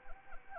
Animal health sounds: mosquito wingbeat signal from an infrared sensor; Anopheles arabiensis

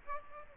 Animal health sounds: mosquito wingbeat signal from an infrared sensor; Aedes aegypti

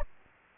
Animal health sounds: mosquito wingbeat signal from an infrared sensor; Anopheles gambiae

